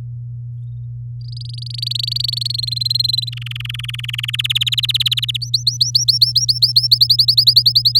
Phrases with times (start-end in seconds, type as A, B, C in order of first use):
1.21-2.39 A, 2.41-3.29 B, 3.32-4.36 C, 4.39-5.37 D, 5.41-6.87 E, 6.91-8.00 F